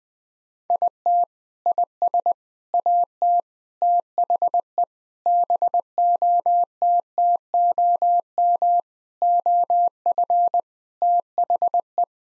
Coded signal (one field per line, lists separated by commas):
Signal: Morse code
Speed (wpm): 20 wpm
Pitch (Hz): 700 Hz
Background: none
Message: IT IS AT THE BOTTOM OF THE